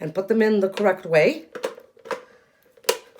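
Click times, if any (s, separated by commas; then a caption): 2.9 s. Someone talks, then a mixer beater that has been switched to the correct socket is twisted and pushed into the hand mixer, with faint handling knocks along the way. It snaps home with a sharp click at 2.9 s, and another brief tap follows at 3.2 s.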